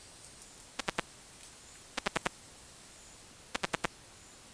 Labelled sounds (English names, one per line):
none